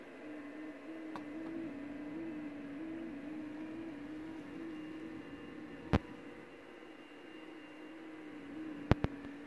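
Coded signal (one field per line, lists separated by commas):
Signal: FT8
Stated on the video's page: FT8 on 21 MHz, DX from Trinidad and Tobago worked from Korea.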